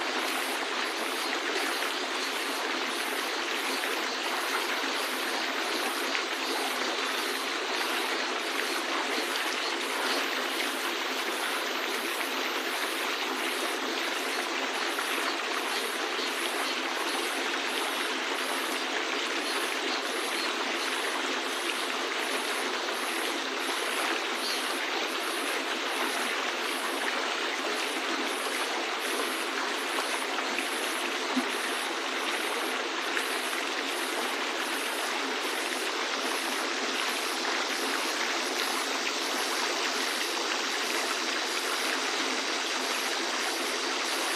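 A mountain spring runs steadily, a dense, even rush of water with fine trickling and splashing detail throughout. The sound is bright and hissy with almost no low rumble, staying at a constant level for the whole stretch, unbroken.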